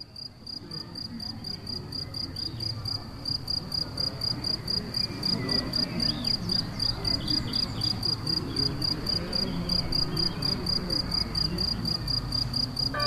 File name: Grillons la Galicia re 24 05 14